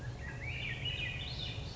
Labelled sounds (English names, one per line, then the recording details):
Swainson's Thrush
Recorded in Sonoma County, California